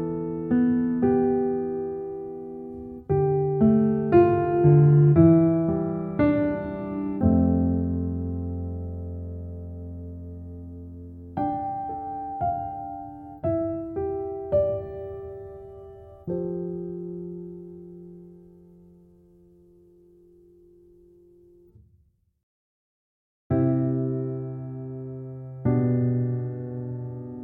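Soft, slow relaxing music of gently struck notes that ring out and fade, arriving in small clusters followed by long sustained tones. The playing is sparse and mellow, with a brief full silence near the twenty-second mark before the notes resume.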